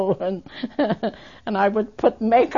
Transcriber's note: she laughs